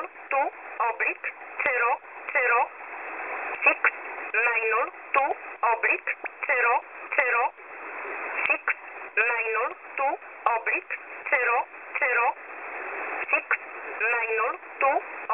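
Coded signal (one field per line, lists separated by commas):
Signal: numbers station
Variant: E11 Oblique, English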